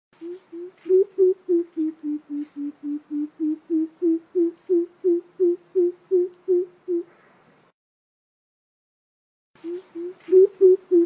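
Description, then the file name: Coucal giving a long series of deep, hollow hoots, about three per second, dipping slightly in pitch then holding steady, a short pause, then a new series beginning. "tieng keu chim bim bip"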